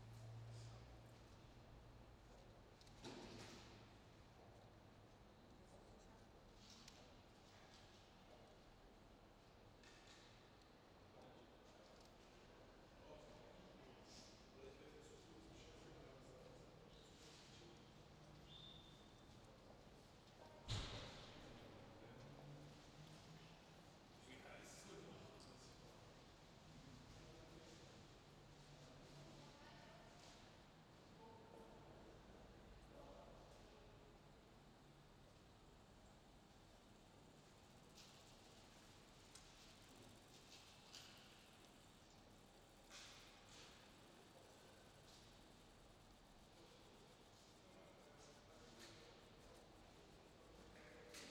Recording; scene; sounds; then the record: everyday scene through a hearing-aid microphone; reverberant space; background noise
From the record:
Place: railway station hall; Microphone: in the ear canal, left